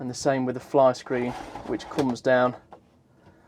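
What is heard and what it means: The fly screen in the window frame of a Roller Team Auto-Roller 707 motorhome is being handled, with its rail to be pulled down to clip onto the blind rail. Someone talks throughout, and only faint low sounds follow. Nothing has seated or clicked yet.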